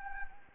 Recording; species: mosquito wingbeat signal from an infrared sensor; Anopheles gambiae